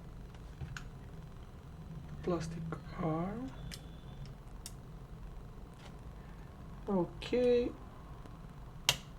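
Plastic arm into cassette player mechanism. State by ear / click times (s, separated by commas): seated / 8.9 s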